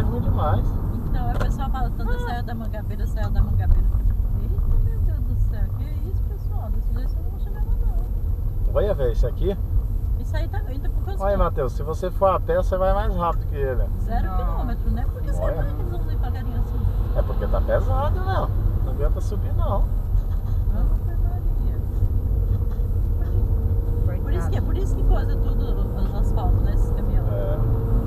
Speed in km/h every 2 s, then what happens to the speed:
57, 36, 30, 23, 20, 21, 23, 23, 24, 25, 25, 27, 32, 42.
0-7 brakes to 20. 7-21 steady at about 23. 21-28 speeds up to 42.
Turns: none.